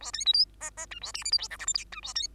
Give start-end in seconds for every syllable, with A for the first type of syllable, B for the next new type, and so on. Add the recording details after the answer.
0.00-0.11 A, 0.13-0.25 B, 0.25-0.33 C, 0.33-0.45 D, 0.60-0.70 E, 0.77-0.86 E, 0.91-0.99 F, 1.01-1.12 A, 1.14-1.24 G, 1.24-1.31 H, 1.31-1.38 I, 1.38-1.48 J, 1.50-1.57 K, 1.59-1.66 L, 1.67-1.73 M, 1.74-1.84 N, 1.92-2.00 F, 2.02-2.14 A, 2.15-2.28 B. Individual Bird2